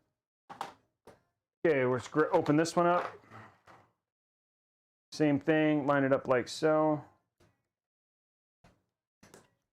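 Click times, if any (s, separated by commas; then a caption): 9.3 s. A third DDR4 memory stick is lined up and pressed into an opened DIMM slot on a motherboard while someone talks. Faint handling clicks come early, and the slot latch clicks shut at 9.3 s, seating the module.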